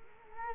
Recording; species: mosquito wingbeat signal from an infrared sensor; Culex quinquefasciatus